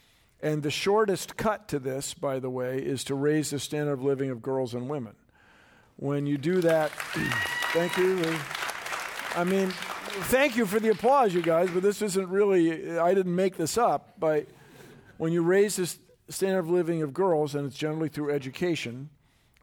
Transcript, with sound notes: And the shortest cut to this by the way is to raise the standard of living of girls and women. When you do that --
[Applause]
Thank you. I mean thank you for the applause you guys but this isn’t really, I didn’t make this up. But when you raise the standard living of girls and it’s generally through education.